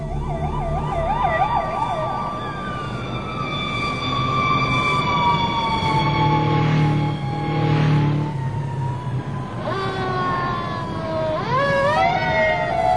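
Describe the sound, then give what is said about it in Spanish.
Several emergency vehicle sirens wail over steady traffic rumble, one warbling rapidly at first, others sweeping slowly up and down in pitch, with a rising whoop near the end. No talking. “Sirenas, irrupciones, armas en mano, operativos y registros.”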